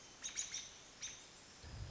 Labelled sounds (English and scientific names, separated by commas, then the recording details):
American Robin (Turdus migratorius)
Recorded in Sonoma County, California